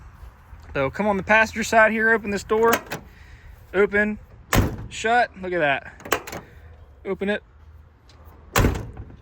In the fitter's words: and shut didn't latch